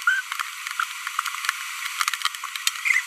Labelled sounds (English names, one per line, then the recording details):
Green-rumped Parrotlet babbling
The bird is a female
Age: 25 days
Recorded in a nest box in Venezuela
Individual 17B42B1